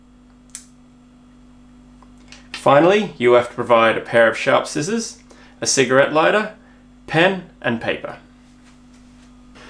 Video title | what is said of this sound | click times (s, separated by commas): Quick Instructions for Wingsuit Legstrap Bungee 2 | slide forward you should hear an audible click when locked in position | 0.6 s